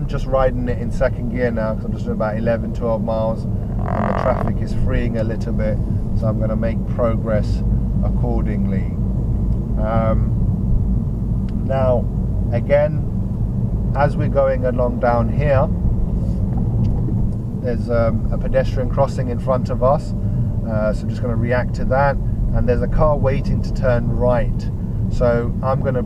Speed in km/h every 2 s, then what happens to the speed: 21, 26, 27, 27, 27, 26, 27, 31, 29, 27, 26, 27, 21.
0-5 speeds up to 27. 5-22 steady at about 27. 22-26 slows to 21.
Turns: none.